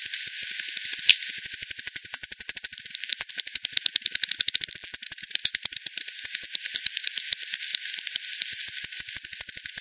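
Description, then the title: Echolocating bats produce a continuous stream of rapid, regular clicks, like a fast ratchet, holding steady throughout. Multiple bats at the Hogsmill River, Hogsmill Lane, 7 October 2020 at 18:10 UTC; recorded with frequency division by ten, band-pass filtered and resampled. "WW bat 20201007 T 18 : 10 Z-Hogsmill-Lane-Hogsmill-River-multiple-bats"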